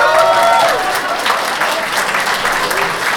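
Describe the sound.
Steady, loud audience applause fills the whole stretch, a dense wash of many hands clapping at an even level, with a faint voice briefly at the start.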